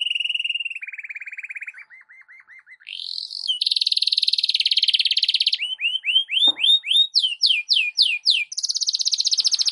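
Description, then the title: Canary song: descending series of trilled notes, a long buzzy roll, then repeated upswept whistles and a final high trill. Belgian canary singing a morning warm-up song, used for masteran (tutoring other birds). "Canto Para Esquentar Canário Belga. SUARA BURUNG KENARI DI PAGI HARI COCOK BUAT MASTERAN"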